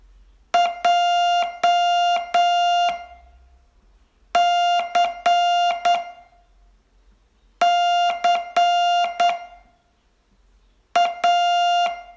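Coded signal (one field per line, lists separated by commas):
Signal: Morse code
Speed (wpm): 8 wpm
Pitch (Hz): 700 Hz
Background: music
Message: J C C A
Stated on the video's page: Morse training lesson, day 21 of a 42-day course.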